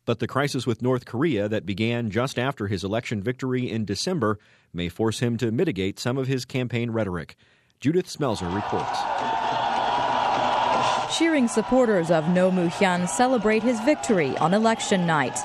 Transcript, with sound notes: But the crisis with North Korea that began just after his election victory in December may force him to mitigate some of his campaign rhetoric. Judith Smelser reports.
[The sound of a boisterous, happy, post-election celebration.] Cheering supporters of Roh Moo Hyun celebrate his victory on election night.